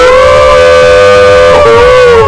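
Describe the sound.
A person imitates a wolf howl: one long, loud, steady wail that holds its pitch, dips briefly near the end, then rises again, with no talking over it.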